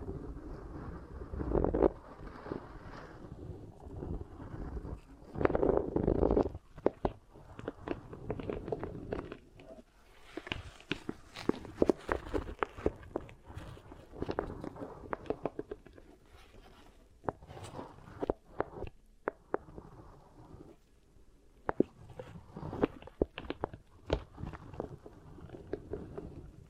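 Beeswax ear triggers: sticky crackling and soft squishing thuds come in dense, uneven bursts, with brief quieter pauses around ten and twenty seconds.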